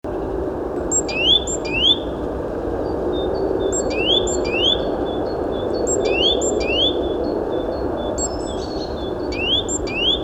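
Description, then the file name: Great tit calling with sharp, upward-sweeping whistles in small groups, coming in irregular bursts over a constant low background hum. "Parus major"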